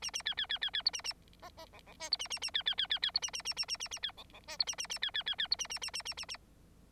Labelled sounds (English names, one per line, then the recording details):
Bengalese Finch song
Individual Bird9